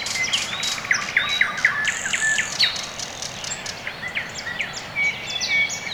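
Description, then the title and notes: Several birds singing at once, thin high whistles, chirps and short trills layered over each other against a faint hiss. Birds on a quiet early morning in Orekhovo-Borisovo Severnoye district, Moscow, Russia; recorded with Sony ECM-MS2 into Marantz PMD-661, processed with iZotope RX II (EQ, gain). "район Орехово-Борисово Северное, Москва, Россия - Morning birds. Quiet early morning"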